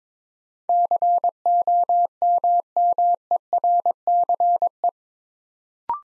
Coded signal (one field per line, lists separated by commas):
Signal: Morse code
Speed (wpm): 22 wpm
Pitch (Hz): 700 Hz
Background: none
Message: COMMERCE